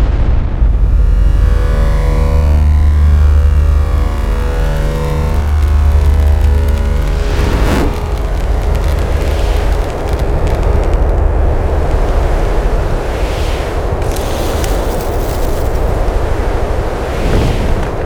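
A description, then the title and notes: Oppressive low drone with deep pulsing tones for the first seven seconds, then a dense rumbling texture with scattered hits and gusty swells. Scary Sound Effects and Ambiences. Disturbing ambiences, desolate drone sounds, unusual and oppressive textures, complex impacts.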